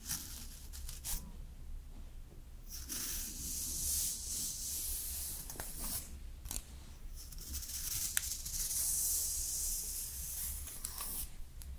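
Slow makeup application with long, soft spraying hisses that come and go, a steady low hum underneath, and occasional small clicks and taps.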